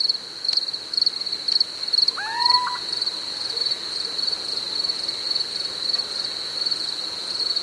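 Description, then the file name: Little owl uttering one brief rising call note against a constant thin high hum. "Steinkauz J Prevost"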